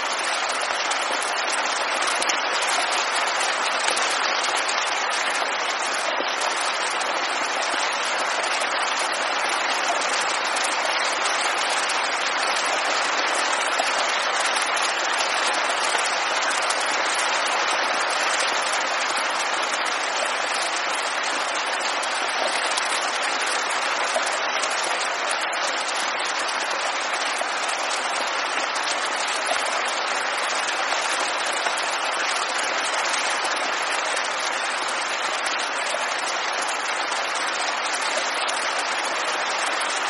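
Heavy rain pours steadily throughout, a dense, bright, crackling hiss like applause that never swells or fades, with almost no low rumble.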